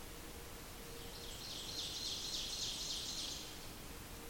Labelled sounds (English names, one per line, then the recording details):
Ovenbird song
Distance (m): 65 m
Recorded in boreal forest in Alberta, Canada, on 28 May 2016 at 06:52
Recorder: SongMeter 3, array SBT-3-49
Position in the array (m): 82 m, 256 m
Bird 14